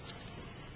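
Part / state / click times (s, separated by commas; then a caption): Anderson power connector halves on a go-kart battery lead / seated / 0.1 s. Two halves of an Anderson power connector on an electric go-kart battery lead are pushed together by hand. A single short click sounds at 0.1 s over a steady low background, and the connector is seated.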